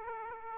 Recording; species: mosquito wingbeat signal from an infrared sensor; Aedes aegypti